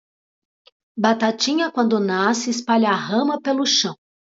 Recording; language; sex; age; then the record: short text; Brazilian Portuguese; female; 50 to 59 years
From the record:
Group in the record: control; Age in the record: 55 years